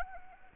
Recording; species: mosquito wingbeat signal from an infrared sensor; Anopheles arabiensis